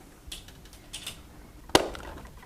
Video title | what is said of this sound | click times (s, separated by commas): Installation of Hitachi Ultimate Short Throw Projector and StarBoard | the cable cover just snaps into place | 1.8 s